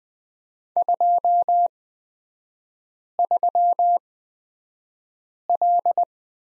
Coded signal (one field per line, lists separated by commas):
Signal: Morse code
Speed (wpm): 20 wpm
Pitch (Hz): 700 Hz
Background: none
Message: 23L